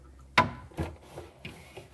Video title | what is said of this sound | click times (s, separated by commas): Samsung Refrigerator Repair - How to Replace the Auger Motor Assembly (Samsung Part #DA97-12540G) | And then you'll see that that latch at the bottom, when I push it in, will snap into place into the floor. | 0.4 s